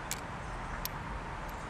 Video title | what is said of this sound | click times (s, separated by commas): Benro Digital Tripod (A150EXU) Review | that snaps into place | 0.1 s, 0.9 s